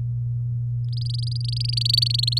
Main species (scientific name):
Serinus canaria